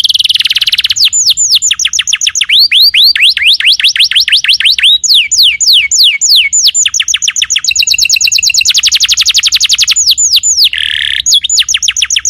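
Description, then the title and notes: Canary song full of quick falling and rising sweeps, rolled trills and varied phrases delivered almost without pause. Young canary; long-duration lure or training song, used as tutor song for teaching other canaries. "Pancingan Kenari Muda Durasi Panjang. masteran kenari"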